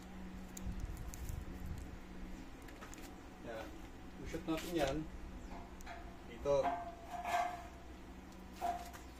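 A lock pin is handled at its hole in the frame of a metal air-conditioner condenser lifter built with a gear winch, ready to be pushed in so it drops into the hole and locks. Someone talks while short metallic taps and knocks sound over a steady low hum. Nothing has seated or clicked yet; the clip ends before the pin goes home.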